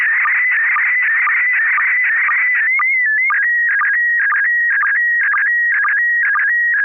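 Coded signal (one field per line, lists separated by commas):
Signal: SSTV (slow-scan television)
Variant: PD 120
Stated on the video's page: SSTV net on a 441.30 MHz FM repeater.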